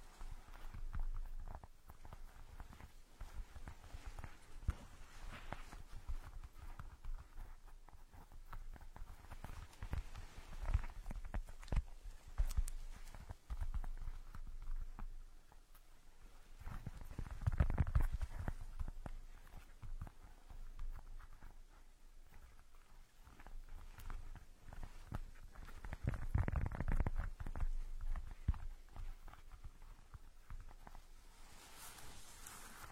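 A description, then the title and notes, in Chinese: Ear picking: scratchy rubbing and soft tapping thuds, with heavier muffled rumbling bursts near 18 and 27 seconds. 抠耳朵催眠。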